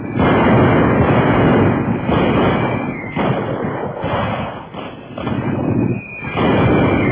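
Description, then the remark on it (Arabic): A sustained barrage of booming artillery fire and explosions, loud and continuous, with heavy low rumbling blasts overlapping one another and brief dips between volleys. “فتنطلق في السماء تلك الوحوش الطائرة المدمرة، أصحابها زغاريد طلقات نيران ذلك الرجل الرهيب قائد المدفعية.”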